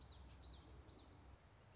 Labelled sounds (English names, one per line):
Common Yellowthroat